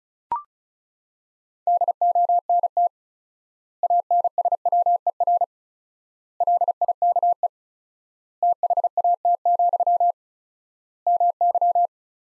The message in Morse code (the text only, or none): DONT ANSWER LIKE THAT, MY